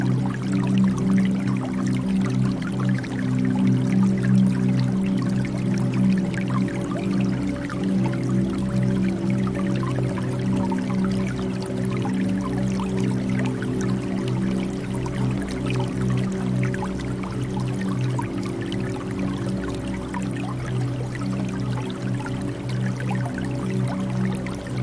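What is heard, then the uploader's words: Water trickles steadily from a bamboo fountain, a constant pour with small splashes and drips scattered throughout. A low, even hum sits underneath the whole time, and the level stays nearly unchanged from start to finish. Bamboo Water Fountain and White Noise Machine. The natural sound of water trickling down the bamboo.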